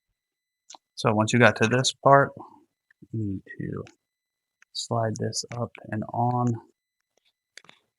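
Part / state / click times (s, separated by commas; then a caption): replacement car key fob plastic housing onto key shell / seated / 7.6 s. A plastic housing half of a replacement Honda car key fob is slid up and onto the shell holding the transplanted key blade and electronics while someone talks. A small, sharp click sounds at 7.6 seconds as the housing seats into place.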